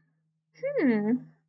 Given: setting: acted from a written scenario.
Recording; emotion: vocal sound without words; interest